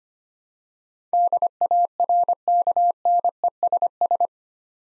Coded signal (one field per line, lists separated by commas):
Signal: Morse code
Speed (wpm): 25 wpm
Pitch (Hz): 700 Hz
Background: none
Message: DARKNESS